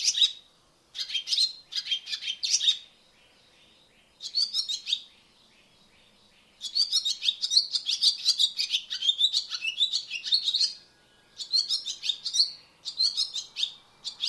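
Barn swallow twitters in repeated bursts of high, scratchy chirps and warbling notes, with a longer unbroken run in the middle and silent gaps between.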